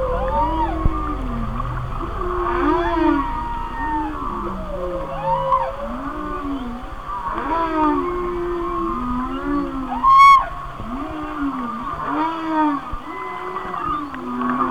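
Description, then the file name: Whale song: overlapping moaning tonal calls that rise and fall in arcs, repeated in loose phrases, with higher whistled sweeps and a brief sharp upward squeal near the tenth second. "Whale Songs- Mike Mc Donald"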